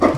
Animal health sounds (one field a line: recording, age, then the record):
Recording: pig call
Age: growing-finishing pig (85 days or more)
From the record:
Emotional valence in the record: positive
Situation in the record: run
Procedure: transit